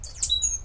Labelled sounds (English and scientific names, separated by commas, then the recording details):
Stitchbird (Notiomystis cincta) song
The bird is a male
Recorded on Tiritiri Matangi Island, New Zealand, in 2005
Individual 8, of nest box 10